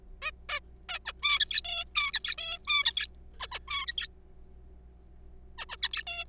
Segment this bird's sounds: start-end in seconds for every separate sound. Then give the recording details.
0.22-0.31, 0.49-0.59, 0.89-0.98, 1.06-1.12, 1.23-1.39, 1.40-1.61, 1.65-1.84, 1.95-2.12, 2.13-2.35, 2.38-2.58, 2.64-2.67, 2.68-3.07, 3.40-3.48, 3.52-3.59, 3.68-3.86, 3.87-4.08, 5.58-5.65, 5.69-5.77, 5.83-6.03, 6.07-6.25. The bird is a juvenile. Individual R3428